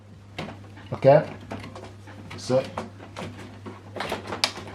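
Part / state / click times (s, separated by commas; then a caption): black ink cartridge into inkjet printer cartridge slot / seated / 4.4 s. Someone talks while a black pigment ink tank is pushed into its slot in the cartridge carriage of a Canon Maxify MB5150 all-in-one wireless inkjet printer, with a few soft handling knocks along the way. A sharp click at 4.4 s marks the black ink cartridge seating home.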